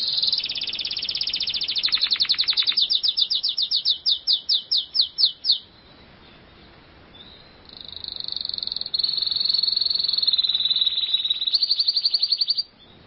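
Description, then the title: Canary singing a long rolling trill that slows into separate slurred notes, then after a short pause a sustained, fast, bright trill. "Kenari"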